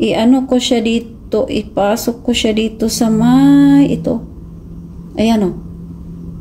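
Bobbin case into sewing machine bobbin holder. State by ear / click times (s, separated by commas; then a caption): not seated / none. A bobbin case is being pushed into the bobbin holder of a portable Singer MX60 sewing machine while someone talks. A steady low hum runs underneath. Nothing has seated or clicked yet by the end of the clip.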